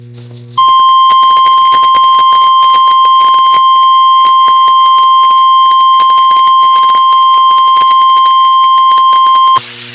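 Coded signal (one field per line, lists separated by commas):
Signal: Emergency Alert System (SAME) tones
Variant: 1050 Hz attention tone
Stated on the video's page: Alerts from NOAA Weather Radio KIG79 Nashville and an FM station.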